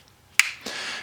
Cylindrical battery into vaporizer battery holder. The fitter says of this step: and this click lets us know that we have good continuity between the battery and battery contacts also that the battery is in the right position and not going to obstruct the travel of the slide side cover when we insert that